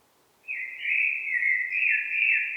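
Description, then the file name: Common blackbird with a smooth, sustained flute-like warble that wavers gently up and down for about two seconds. "Turdus merula"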